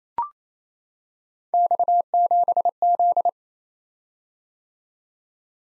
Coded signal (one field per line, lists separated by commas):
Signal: Morse code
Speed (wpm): 29 wpm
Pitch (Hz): 700 Hz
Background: none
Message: X7Z